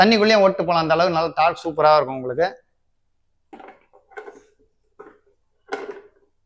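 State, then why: Seated. Someone talks, then a lock on an Insync electric mountain bike is placed and pulled shut, giving a few soft knocks and rattles. The latch engages with a sharp click at 5.7 s, and the lock is seated.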